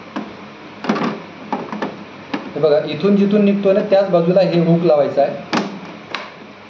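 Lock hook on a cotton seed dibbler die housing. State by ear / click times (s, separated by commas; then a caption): seated / 6.1 s. The lock hook on the die housing of a cotton seed dibbler is fitted back on the same side it came out from, with handling knocks near the start while someone talks. It snaps in with one sharp click at 6.2 s, and the hook is seated.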